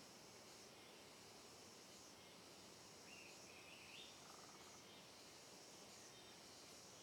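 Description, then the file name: Cicada chorus as a continuous high shimmering buzz, with a short rising bird call near the middle. Chorus of cicadas on a trail in dense forest, sound reverberating. "Coro de Cigarras em Trilha de Mata Fechada Reverberando"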